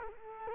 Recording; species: mosquito wingbeat signal from an infrared sensor; Culex quinquefasciatus